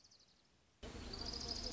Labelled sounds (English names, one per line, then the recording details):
Orange-crowned Warbler
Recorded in Sonoma County, California